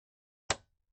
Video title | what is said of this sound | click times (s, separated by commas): PC Disasssembly Assembly default | That locks into place. | 0.5 s